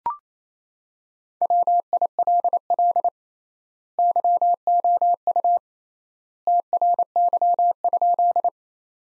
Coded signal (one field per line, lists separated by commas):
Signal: Morse code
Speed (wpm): 28 wpm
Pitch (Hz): 700 Hz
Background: none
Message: WILL YOU TRY?